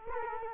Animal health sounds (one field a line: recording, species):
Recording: mosquito wingbeat signal from an infrared sensor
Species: Culex quinquefasciatus